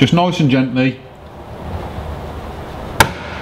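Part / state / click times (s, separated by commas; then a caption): plastic side trim retaining clip in van body panel / released / 3.0 s. Someone talks briefly, then a screwdriver slipped behind the bottom edge of a van's plastic side trim is pulled gently. At 3.0 s the plastic retaining clip in the van body panel pops free with a single sharp crack, and the trim comes away.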